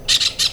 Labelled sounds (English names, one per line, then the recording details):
Brown-throated Parakeet contact call
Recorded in Venezuela
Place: Cerro Saroche, Hato Dalmatela, Edo. Lara
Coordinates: 10.149, -69.534